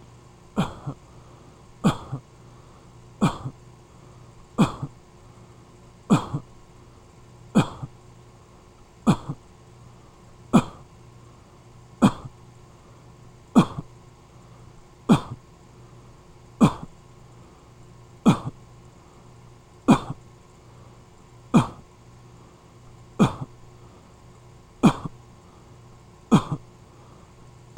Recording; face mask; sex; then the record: voluntary coughing; surgical mask; male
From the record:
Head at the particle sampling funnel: facing it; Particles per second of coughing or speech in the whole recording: 0.0575